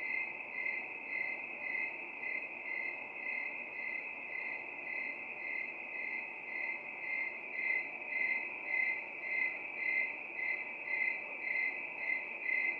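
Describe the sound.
Cricket giving a steady high-pitched trill with gentle regular pulsing, nearly two beats a second, unbroken throughout.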